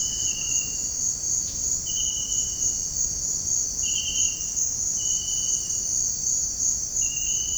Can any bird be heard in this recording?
no